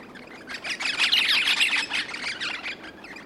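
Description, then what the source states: Crimson rosellas chattering together, a dense burst of overlapping shrill chirps that swells and then fades over about three seconds. A group of crimson rosellas, an Australian rosella, chirping together.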